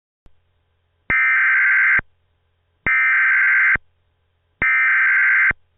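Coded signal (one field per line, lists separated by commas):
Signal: Emergency Alert System (SAME) tones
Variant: header bursts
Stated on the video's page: Mock EAS Blue Alert for entertainment, not real; may contain valid EAS tones.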